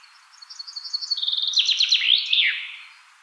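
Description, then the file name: Common chaffinch song: a quickening series of high notes drops into a loud rattling trill and ends with a sweeping flourish, with nothing else audible. "Fringilla coelebs"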